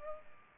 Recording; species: mosquito wingbeat signal from an infrared sensor; Culex pipiens